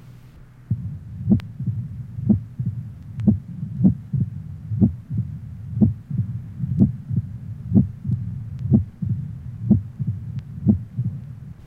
Age 56, rheumatic mitral stenosis, mitral area.